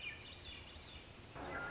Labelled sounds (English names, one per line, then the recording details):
Swainson's Thrush
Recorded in Sonoma County, California